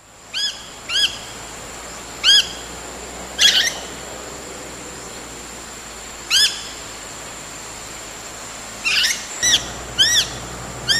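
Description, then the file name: Lorikeet calls: sharp, squeaky upslurred notes given singly or in pairs at irregular intervals, over a faint steady hum. "Лори -Лорикет -Попугай -Голоса-птиц"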